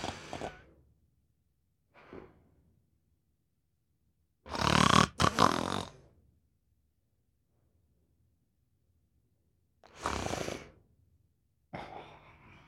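Five rough, noisy breathing bursts come at uneven intervals over about 13 seconds. The loudest, in the middle, has a harsh, rattling quality. It is a woman snoring.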